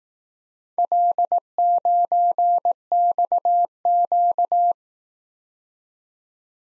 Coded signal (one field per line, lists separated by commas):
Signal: Morse code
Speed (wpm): 18 wpm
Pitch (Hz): 700 Hz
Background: none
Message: L9XQ